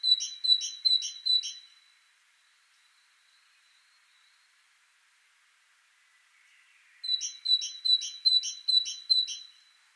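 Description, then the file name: Great tit with two runs of fast, ringing repeated notes, the second starting after about five seconds of near silence. "Parus major"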